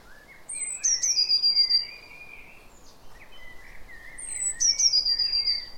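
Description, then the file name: Eurasian blue tit with two high thin notes and rapid pulsed trills, accompanied by lower warbling chirps against steady background noise. "Cyanistes caeruleus"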